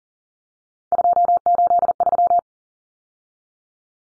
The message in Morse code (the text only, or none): 283